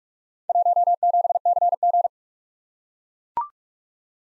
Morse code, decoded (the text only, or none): 17CG